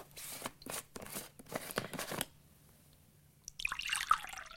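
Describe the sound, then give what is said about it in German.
Milk is poured from a thermos flask into a glass as a bedtime drink: a run of scraping, rustling bursts, a short silence, then about a second of bright gurgling, trickling liquid. No one speaks. “Und ein Glas Milch aus der Thermosflasche, wie immer.”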